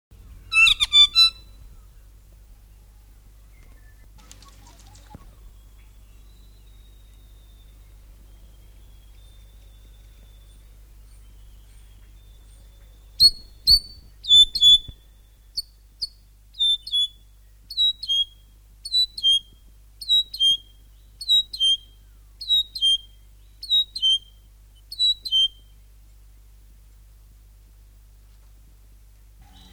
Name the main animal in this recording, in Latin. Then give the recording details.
Philesturnus rufusater. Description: North Island saddleback/tīeke song. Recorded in New Zealand